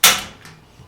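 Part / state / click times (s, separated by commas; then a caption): wheelchair docking pin in floor docking port / seated / 0.0 s. A Cheelcare Companion wheelchair docking unit's pin is driven into a floor-mounted docking port and latches with a single loud, sharp clunk at 0.0 seconds, followed by a fading ring and faint low rumble. The latch locks into place, and the casters lift about 2 inches off the ground.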